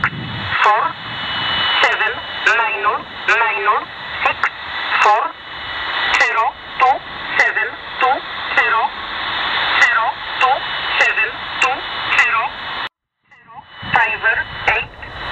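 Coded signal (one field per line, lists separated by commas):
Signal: numbers station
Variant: E11 Oblique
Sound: short evenly spaced spoken words, about one per second, over radio hiss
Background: radio static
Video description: The one heard here is E11 "Oblique" which is said to be originating from Poland.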